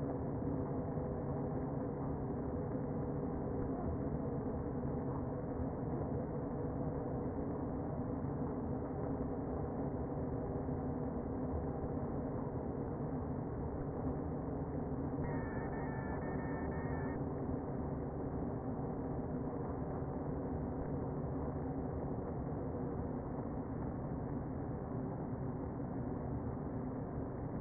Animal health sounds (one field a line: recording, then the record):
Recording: honeybee colony, microphone inside the hive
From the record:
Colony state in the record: queen present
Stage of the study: before two queens were removed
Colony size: about 60,000 bees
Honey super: yes